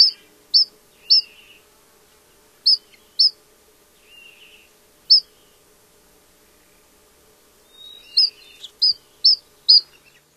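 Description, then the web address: Pygmy nuthatch giving sharp, high piping notes in irregular bursts, with a few softer lower chattering trills between them; otherwise quiet. "Songs of Birds of North America Stokes. Pygmy Nuthatch"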